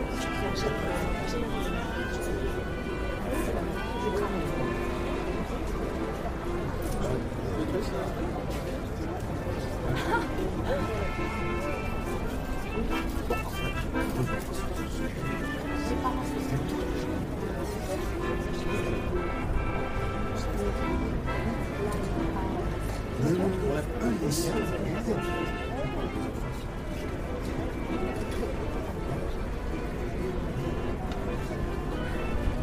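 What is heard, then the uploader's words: A busy café at night, full of overlapping chatter from many people talking at once, constant for the whole stretch. The murmur stays dense and even, with occasional brighter clinks and knocks scattered throughout, and a low rumble underneath like passing traffic. Parisian Cafe Ambiance. Atmosphere of a Parisian cafe on a late night drinking a warm cup of coffee people talking.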